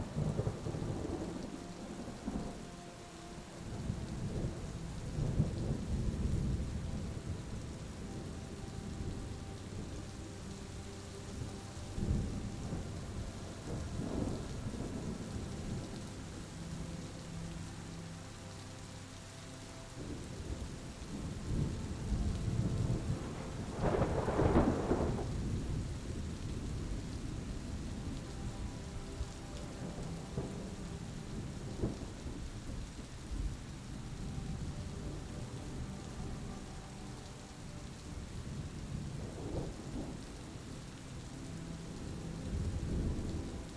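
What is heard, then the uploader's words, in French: Rain falls steadily while low thunder rumbles roll in and out, with a sharper crack near twenty-four seconds and soft sustained melodic tones underneath. Le grondement apaisant de l'orage se mêle harmonieusement à des mélodies douces.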